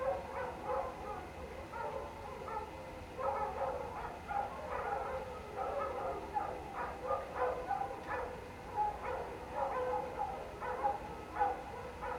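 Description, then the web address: Pack of canines in full chorus, long warbling howls mixed with quick yips in bursts. Pack of canines howling outdoors late at night in cold winter air, alongside a man-made water fountain. "Omar Alvarado - Minimal ambiences ambience outdoors late night, cold winter air, pack of canine howling into the night and man made water fountain. Sonniss"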